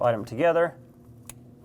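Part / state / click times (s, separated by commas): harness connector at rear of intake / seated / 1.3 s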